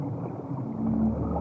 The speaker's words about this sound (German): Tiefes, grauenvolles Röcheln.